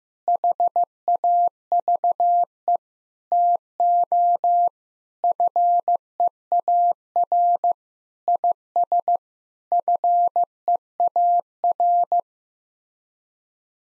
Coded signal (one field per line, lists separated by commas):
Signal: Morse code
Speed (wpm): 16 wpm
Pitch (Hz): 700 Hz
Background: none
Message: HAVE TO FEAR IS FEAR